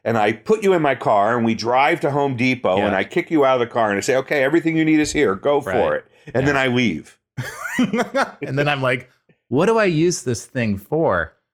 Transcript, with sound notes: And I put you in my car, and we drive to Home Depot, and I kick you out of the car, and I say, “Okay, everything you need is here, go for it.” And then I leave..
[laugh] And then I’m like, “What do I use this thing for?”